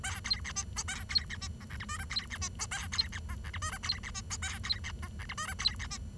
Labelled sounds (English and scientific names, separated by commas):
Bengalese Finch (Lonchura striata domestica) song